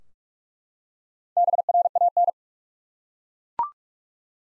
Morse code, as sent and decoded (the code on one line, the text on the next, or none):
-... .-. .- -.
BRAN